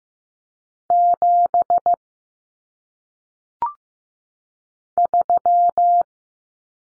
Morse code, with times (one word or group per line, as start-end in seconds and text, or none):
0.9-1.9 7
5.0-6.0 3